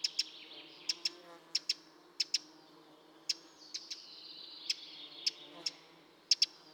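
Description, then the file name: Eurasian wren calls: quiet, sharp ticks in pairs and singles, irregularly spaced, over soft background hiss. "Troglodytes troglodytes"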